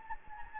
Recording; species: mosquito wingbeat signal from an infrared sensor; Anopheles gambiae